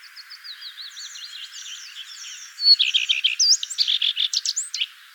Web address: vogelstimmen gartenrotschwanz gesang nabu lars lachmann